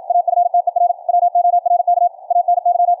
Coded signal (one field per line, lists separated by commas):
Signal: Morse code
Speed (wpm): 56 wpm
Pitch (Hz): 700 Hz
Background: none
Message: AFTER WORK ANY